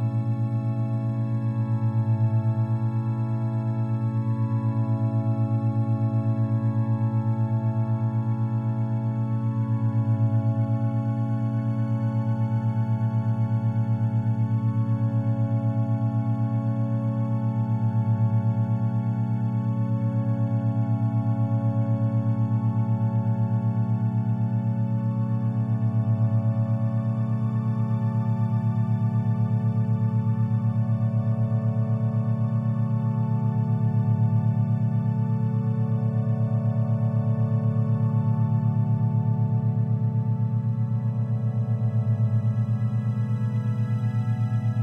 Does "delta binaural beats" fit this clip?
yes